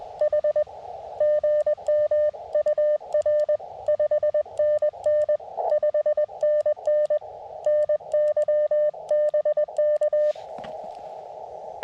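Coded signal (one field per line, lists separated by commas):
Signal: Morse code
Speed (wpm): 20 wpm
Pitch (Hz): 590 Hz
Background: none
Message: H GM UR 5NN 5NN NY BK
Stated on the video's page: QRP park activation sent on a BaMaTech TP-III key into an Elecraft KX2 with a Tufteln 9:1 41-foot end-fed random wire; busy bands, so-so copy.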